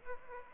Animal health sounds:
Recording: mosquito wingbeat signal from an infrared sensor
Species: Aedes aegypti

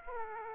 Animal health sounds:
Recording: mosquito wingbeat signal from an infrared sensor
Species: Aedes aegypti

